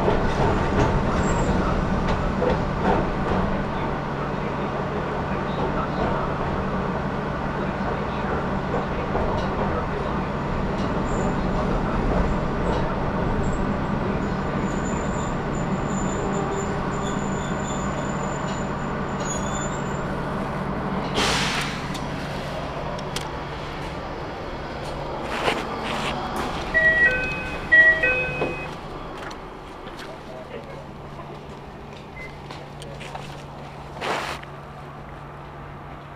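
A ride on the Yokkaichi Asunarou Railway from Hinaga to Utsube: steady low rumble fading after twenty seconds, with clanks, brief chimes, and a hum.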